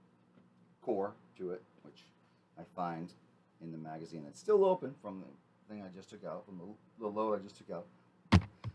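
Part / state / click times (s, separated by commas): film roll core into camera film magazine / seated / 8.3 s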